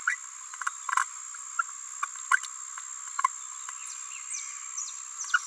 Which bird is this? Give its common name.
Green-rumped Parrotlet